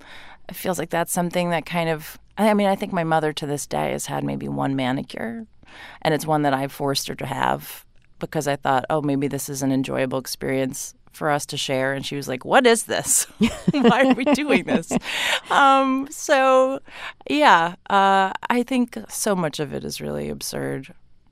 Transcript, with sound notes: It feels like that's something that kind of - I mean, I think my mother to this day has had maybe one manicure. And it's one that I forced her to have because I thought, oh, maybe this is an enjoyable experience for us to share. And she was like, what is this?
(LAUGHTER)
Why are we doing this? So yeah, I think so much of it is really absurd.